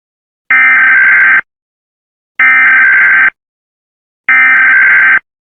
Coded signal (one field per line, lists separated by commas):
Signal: Emergency Alert System (SAME) tones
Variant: header bursts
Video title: Poland EAS Alarm (2005 - 2013)